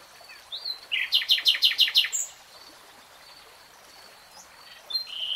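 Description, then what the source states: Nightingale song: a short whistle, then a fast burst of repeated buzzy notes, followed by faint whistles. Singing in real time.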